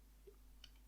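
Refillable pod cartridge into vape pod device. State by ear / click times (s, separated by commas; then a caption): seated / 0.6 s. A refillable pod cartridge, fitted with a primed press-fit coil, is slid into the body of a Sense Orbit TF vape pod device. A soft brief sound comes around 0.3 s, then a sharp, bright click at 0.6 s as the pod clicks in place, fully seated.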